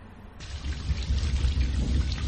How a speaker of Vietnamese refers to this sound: ngoài trời giông gió nổi lên, rồi mây đen vần vũ, sấm chớp bắt đầu ì ầm, và cuối cùng là một trận mưa xối xả.